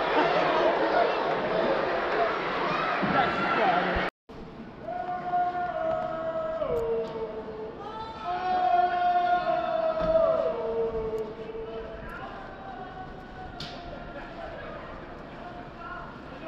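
Crowd chanting at a wrestling event at Madison Square Garden. The first four seconds are a dense, loud wash of many voices, then a brief cut to silence. After it, a slower, sung chant rises and falls in long held tones over steady crowd murmur.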